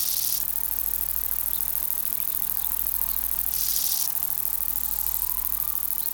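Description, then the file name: Long-winged conehead song: continuous thin high hiss swelling into two louder buzzy bursts, one at the start and another around three to four seconds, with a low hum beneath. "Conocephalus discolor"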